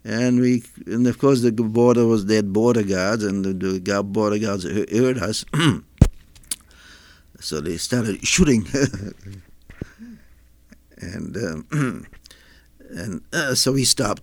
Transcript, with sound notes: And we, and of course the border was there border guards and the border guards heard us, so they started shooting, (he laughs) and so we stopped.